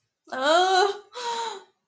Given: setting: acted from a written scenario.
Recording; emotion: vocal sound without words; distress